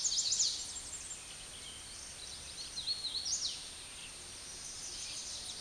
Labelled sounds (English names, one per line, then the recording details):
Hooded Warbler song
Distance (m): 30 m
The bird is about 5 m above the microphone
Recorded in a Pennsylvania forest on 16 May 2024 at 09:29
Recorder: AudioMoth, point MSD-2494
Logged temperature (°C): 15.6 °C
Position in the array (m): 156 m, 157 m